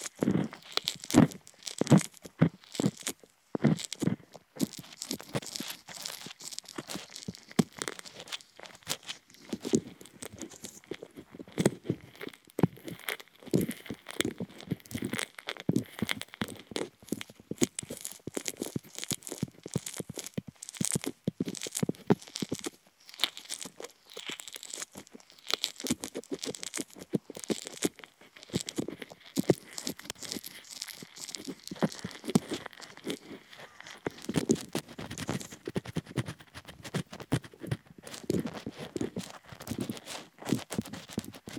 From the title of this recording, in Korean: 귀 간지럽히기